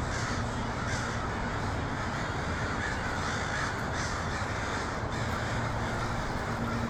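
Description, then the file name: A throng of crows calling, rough caws overlapping without pause into a steady, noisy chorus. Portland, 23 October 2018. "pdx crows 2018-10-23"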